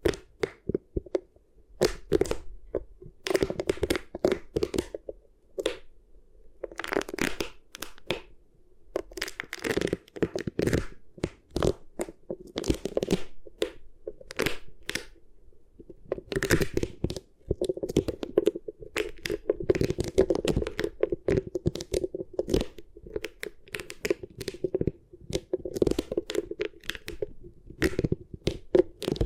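Beeswax is squished and worked in bursts of sticky crackling and crunching, with a steady low-mid tone running beneath the clicks. Sharp pops and crinkles come densely and irregularly throughout, easing briefly around five and fifteen seconds before picking up again.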